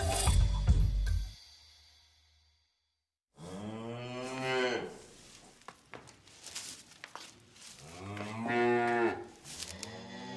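Dairy cows moo in several long, drawn-out calls, low and throaty with rising and falling pitch, following a brief burst of rustling noise and a moment of silence.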